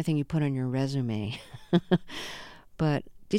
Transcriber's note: soundbite of laughter